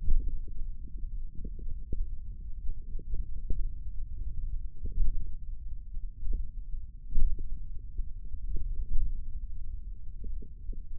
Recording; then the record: forearm muscle sounds (acoustic myography)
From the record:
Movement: index flexion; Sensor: system 1, eight BSWA MPA416 microphones around the upper forearm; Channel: 5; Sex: male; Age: 28 years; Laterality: right